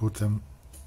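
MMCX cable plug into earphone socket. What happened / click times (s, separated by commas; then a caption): The small cable plug is being positioned but has not clicked in yet / none. Someone talks while the detachable cable's MMCX plug is brought to the socket on the first in-ear earphone shell of a pair of BGVP DMG 2DD+4BA earphones. Only faint handling noise follows the speech, and nothing has seated or clicked yet.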